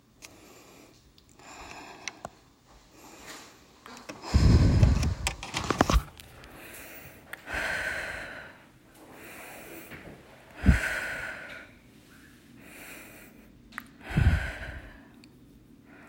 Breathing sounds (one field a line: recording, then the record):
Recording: deep breathing after running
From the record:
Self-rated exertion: light exertion (2 of 6)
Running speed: 6 miles an hour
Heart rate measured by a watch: 96 beats a minute at the start, 106 at the end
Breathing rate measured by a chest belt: 20 breaths a minute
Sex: female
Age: 28 years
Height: 155 cm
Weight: 44 kg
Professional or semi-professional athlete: no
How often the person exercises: 3 to 5 times a week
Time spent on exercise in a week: over 5 hours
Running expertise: yes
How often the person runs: 3 to 5 times a week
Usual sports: running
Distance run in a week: 45 km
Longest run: 32 km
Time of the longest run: 200 minutes